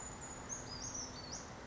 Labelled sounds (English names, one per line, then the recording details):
Brown Creeper
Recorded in Sonoma County, California